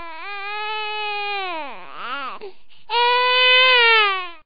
Baby cry.